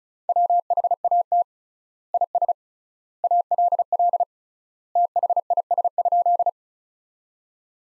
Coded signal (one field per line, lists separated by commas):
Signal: Morse code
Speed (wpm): 36 wpm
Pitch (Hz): 700 Hz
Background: none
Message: WHAT IS ALL THIS?